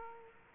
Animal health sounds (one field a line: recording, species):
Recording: mosquito wingbeat signal from an infrared sensor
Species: Aedes aegypti